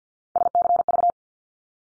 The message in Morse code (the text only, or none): SCV